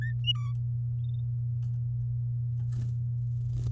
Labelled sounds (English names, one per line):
Domestic Canary song